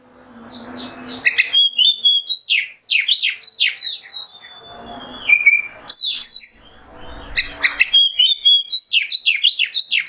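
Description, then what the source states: Oriental magpie-robin pouring out fast, loud whistled phrases with long pure notes and sharp chips, almost continuous over ten seconds with only short breaks. Masteran (tutor recording) of kacer song in the nembak style.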